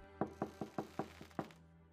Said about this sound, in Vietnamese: Ở bên ngoài có tiếng gõ cửa, kèm theo đó là giọng nói của …